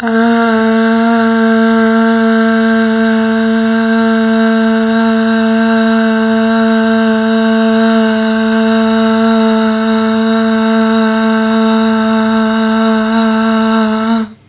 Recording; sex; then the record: sustained vowel /a/; female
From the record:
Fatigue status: no fatigue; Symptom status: symptomatic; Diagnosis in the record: COVID-19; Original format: 3gp